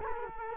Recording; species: mosquito wingbeat signal from an infrared sensor; Culex quinquefasciatus